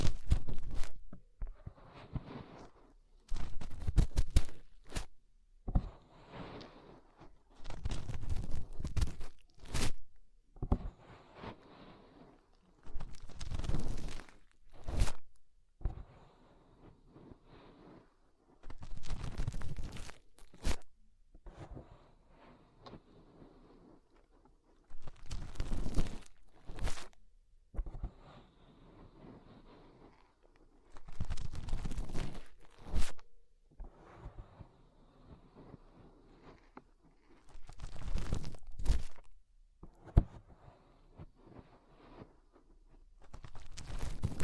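Fingers rub and scrape inside an ear, making bursts of muffled rustling and crackling that come in irregular clusters every few seconds. Between the bursts sit short pauses of near silence, and sharp bright clicks and crunches pop out within the louder rubbing.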